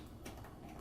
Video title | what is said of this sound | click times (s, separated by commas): Building a new graphics editing computer for a friend | it in until it clicks. Okay. | 0.3 s